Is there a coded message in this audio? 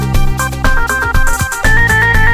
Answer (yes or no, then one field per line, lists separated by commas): no